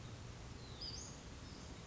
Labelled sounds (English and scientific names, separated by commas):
Western Flycatcher (Empidonax difficilis)